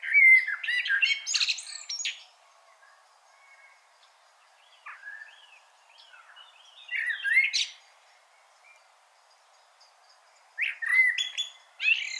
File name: Turdus merula